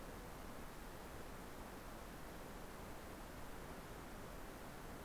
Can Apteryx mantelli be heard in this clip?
no